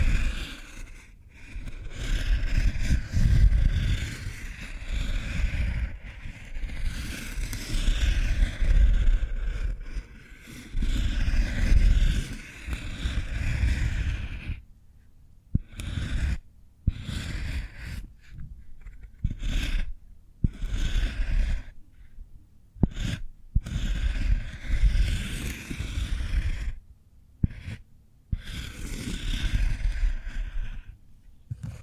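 Cork triggers: soft rubbing, tapping and squeaking handled in uneven bursts, with a low rumbling undertone through the first half. After about fifteen seconds the sounds break into short clusters separated by clean pauses of silence, with occasional sharper taps.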